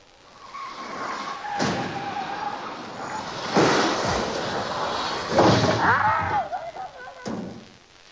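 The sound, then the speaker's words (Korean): A car leaking brake fluid roars at speed along a foggy country road, its tires squealing in a wavering, high-pitched skid on a curve, with several loud, sudden crash bursts as it hits a large roadside tree head-on, cutting through the engine din. “커브길에서 길 옆에 큰 나무를 정면으로 들이받은 자동차.”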